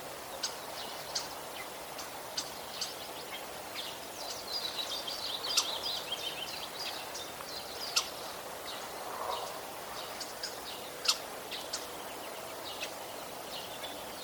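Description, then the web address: Common starling calls: sharp clicks and whistled, chattering phrases scattered throughout, with a denser burst of warbling notes midway, over steady background hiss. "vogelstimmen star ruf nabu lars lachmann"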